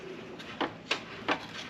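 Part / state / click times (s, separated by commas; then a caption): metal retaining clip onto plastic grille mounting tab / seated / 0.6 s, 0.9 s. A metal retaining clip is pushed onto a mounting tab of a plastic Jeep front grille, where its catches bite into the plastic. Two short, sharp snaps at 0.6 s and 0.9 s mark the clip snapping into place, followed by another similar short hit near 1.3 s. The clip ends up seated on the tab.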